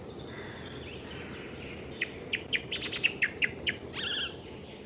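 Icterine warbler song, a burst of short clipped notes in quick succession, ending in a nasal buzzy note.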